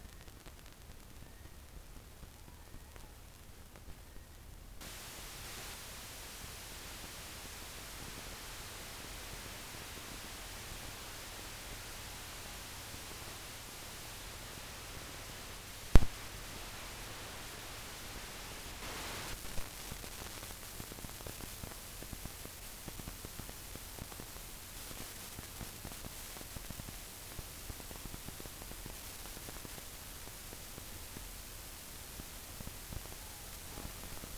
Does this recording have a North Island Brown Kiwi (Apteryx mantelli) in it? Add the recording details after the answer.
yes. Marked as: faintness 4/5. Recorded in New Zealand on 24 November 2013. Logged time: 00:13. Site CF70